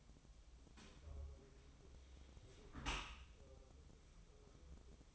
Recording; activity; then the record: daily activity, microphone in the room; close dishwasher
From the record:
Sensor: 1